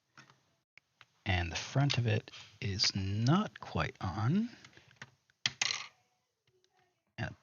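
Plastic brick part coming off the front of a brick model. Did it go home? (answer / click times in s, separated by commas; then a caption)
released / 5.5 s. A plastic LEGO part comes loose from the front section of a plastic LEGO spaceship model as it is being fitted. Someone talks, then a sharp snap at 5.5 s marks the part popping off. The part is released from the model.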